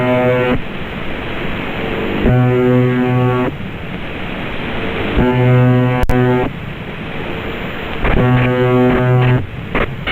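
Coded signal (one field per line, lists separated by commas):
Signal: channel marker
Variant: UVB-76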